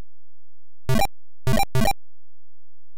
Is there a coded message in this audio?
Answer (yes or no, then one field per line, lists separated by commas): no